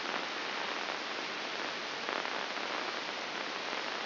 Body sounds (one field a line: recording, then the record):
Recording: brain microelectrode recording played as sound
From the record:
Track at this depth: outside the subthalamic nucleus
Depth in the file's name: 7.46 mm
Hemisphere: left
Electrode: 2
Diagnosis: Parkinson's disease